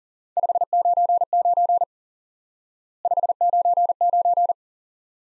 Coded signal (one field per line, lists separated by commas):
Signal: Morse code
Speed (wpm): 40 wpm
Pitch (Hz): 700 Hz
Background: none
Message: 599 599